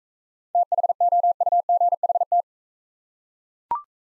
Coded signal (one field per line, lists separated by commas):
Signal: Morse code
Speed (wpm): 39 wpm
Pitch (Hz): 700 Hz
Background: none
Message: THOUGHT